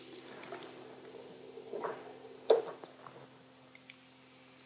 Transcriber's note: rustling 14 seconds